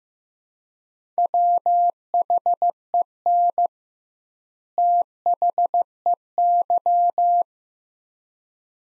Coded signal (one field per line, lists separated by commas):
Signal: Morse code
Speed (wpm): 15 wpm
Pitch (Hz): 700 Hz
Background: none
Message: WHEN THEY